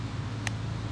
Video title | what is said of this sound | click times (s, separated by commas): Ricoh GR III Review: Five (Plus) Reasons I Love The Ricoh GR III and Snap Focus Explained | the complaint it clicks into place and if you want to unclick that you just pop it off there so | 0.5 s